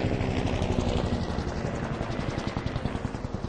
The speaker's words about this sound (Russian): Темная тень снова пронеслась над ним, на этот раз гораздо ниже. Это был вертолет.